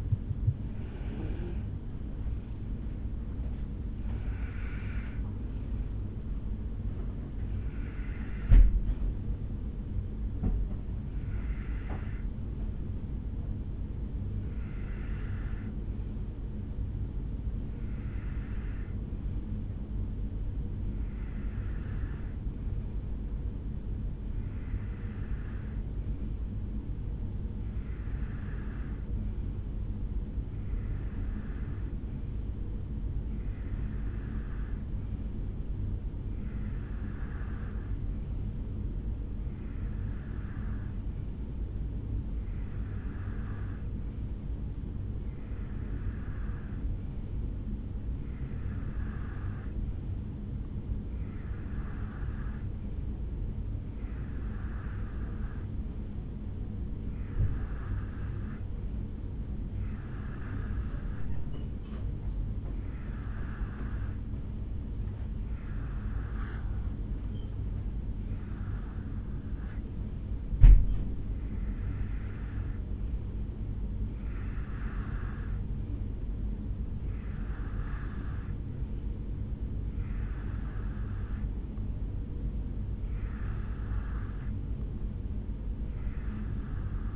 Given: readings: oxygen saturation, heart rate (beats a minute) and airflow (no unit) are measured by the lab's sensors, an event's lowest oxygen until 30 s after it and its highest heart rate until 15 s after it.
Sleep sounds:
breathing in sleep by a smartphone at the bedside; 1
3.00-33.00 s: new sleep stage, N1 (lightest sleep)
16.00-66.80 s: hypopnea (N1, oxygen 95% highest, then 91% lowest, heart rate 56 at the start, 70 highest)
33.00-87.16 s: new sleep stage, N2 (light sleep)
From the record:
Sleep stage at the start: N2 (light sleep); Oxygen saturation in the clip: 90 to 95%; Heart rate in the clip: 56 to 70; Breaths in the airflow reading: 28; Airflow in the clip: -4.4 to 4.2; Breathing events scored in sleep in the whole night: 449 in 7.0 hours asleep

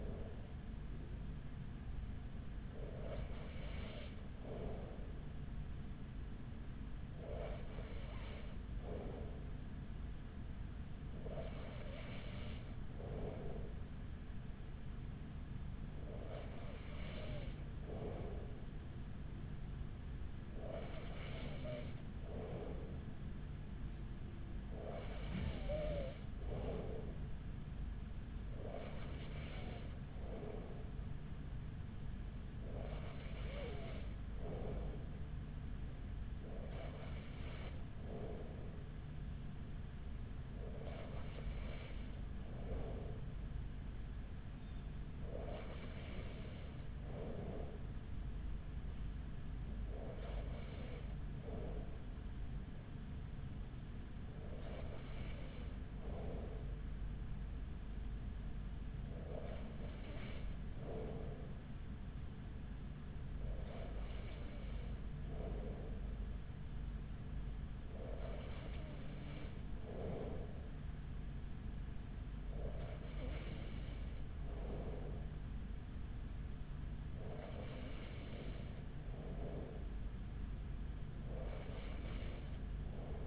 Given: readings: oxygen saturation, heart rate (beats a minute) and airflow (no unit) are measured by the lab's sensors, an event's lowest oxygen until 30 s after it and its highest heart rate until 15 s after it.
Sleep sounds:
breathing in sleep by a smartphone at the bedside; none
none scored
From the record:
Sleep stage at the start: N2 (light sleep); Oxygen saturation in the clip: 94%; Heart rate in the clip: 41 to 45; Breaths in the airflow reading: 19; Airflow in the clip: -4.9 to 4.7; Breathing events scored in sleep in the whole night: 207 in 7.6 hours asleep

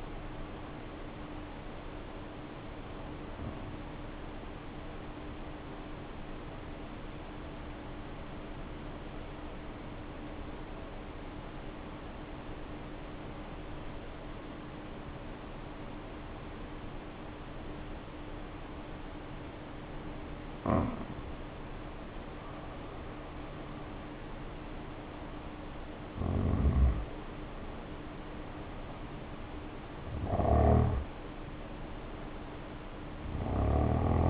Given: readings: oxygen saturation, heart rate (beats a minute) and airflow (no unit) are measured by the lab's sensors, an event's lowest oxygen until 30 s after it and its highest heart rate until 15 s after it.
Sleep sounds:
breathing in sleep by a voice recorder at the bedside; 1
4.00-22.30 s: hypopnea (N2, oxygen 94% highest, then 80% lowest, heart rate 51 at the start, 62 highest)
30.00-34.30 s: new sleep stage, N1 (lightest sleep)
From the record:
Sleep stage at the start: N2 (light sleep); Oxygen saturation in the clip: 83 to 94%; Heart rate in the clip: 50 to 62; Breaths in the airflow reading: 7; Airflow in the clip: -2.4 to 2.4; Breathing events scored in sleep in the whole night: 520 in 7.2 hours asleep

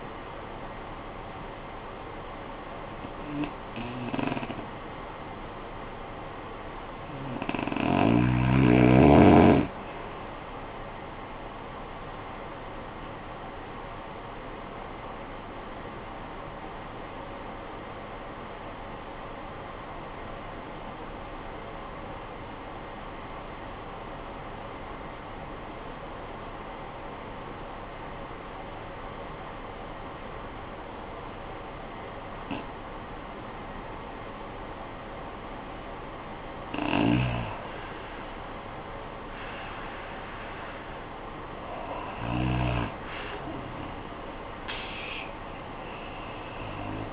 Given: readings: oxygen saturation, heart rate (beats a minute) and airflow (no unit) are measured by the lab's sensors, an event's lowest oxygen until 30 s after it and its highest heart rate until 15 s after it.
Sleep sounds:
breathing in sleep by a voice recorder at the bedside; 1
14.00-36.00 s: obstructive apnea (REM, oxygen 94% highest, then 78% lowest, heart rate 51 at the start, 75 highest)
From the record:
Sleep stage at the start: REM sleep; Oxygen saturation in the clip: 87 to 94%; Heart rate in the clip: 48 to 75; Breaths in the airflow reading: 6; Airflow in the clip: -19.2 to 21.2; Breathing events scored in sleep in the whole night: 445 in 7.6 hours asleep

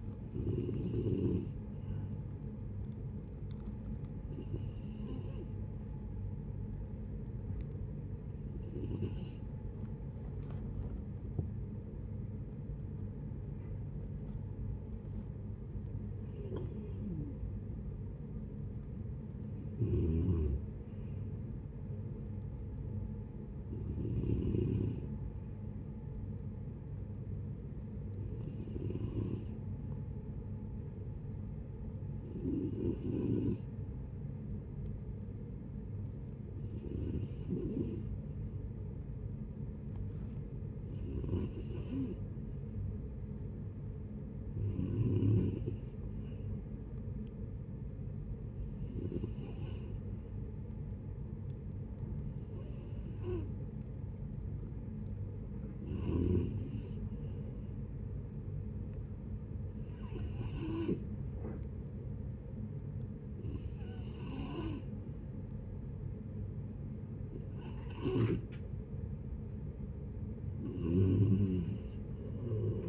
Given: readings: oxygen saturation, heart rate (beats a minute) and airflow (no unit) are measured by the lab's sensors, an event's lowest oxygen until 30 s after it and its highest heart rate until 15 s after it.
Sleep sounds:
breathing in sleep by a smartphone at the bedside; 2
3.00-13.40 s: hypopnea (N2, oxygen 94% highest, then 93% lowest, heart rate 71 at the start, 81 highest)
34.00-66.90 s: hypopnea (N2, oxygen 95% highest, then 90% lowest, heart rate 71 at the start, 75 highest)
56.00-72.89 s: new sleep stage, N3 (deep sleep)
From the record:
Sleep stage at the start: N2 (light sleep); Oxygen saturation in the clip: 89 to 96%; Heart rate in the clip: 65 to 81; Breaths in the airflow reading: 19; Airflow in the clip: -12.2 to 14.5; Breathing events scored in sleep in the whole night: 496 in 5.4 hours asleep

